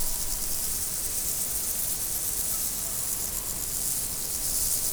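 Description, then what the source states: Continuous shrill insect chorus, even and unbroken, above a soft low background rumble. Insects recorded in nature in 2014, after leaving Várbóc.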